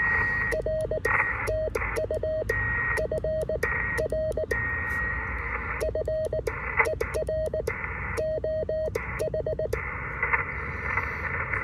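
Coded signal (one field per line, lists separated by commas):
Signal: Morse code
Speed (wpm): 19 wpm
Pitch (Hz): 630 Hz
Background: radio noise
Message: R TU FR FER OH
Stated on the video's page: CW Parks on the Air activation, QRP, likely on an SW-3B or SG-2020 keyed with a Vibroplex Brass Racer paddle.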